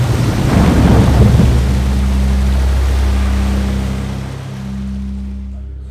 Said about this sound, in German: Kurz darauf stürzte das Tor ein. Und die Flutwelle ist mit schrecklicher Wucht über den Campus hinweggetobt.